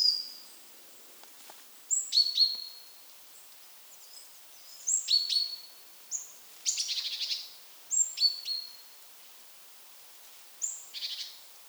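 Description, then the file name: Great tit calls: thin, high notes that slide downward, given in small groups every few seconds, with a buzzy, rattling burst near the middle. "Parus major"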